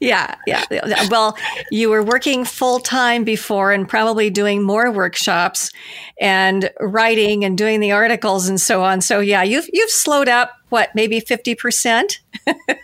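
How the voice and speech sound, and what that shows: A woman speaks fluently in a clear, steady voice at conversational pace, with a few short pauses.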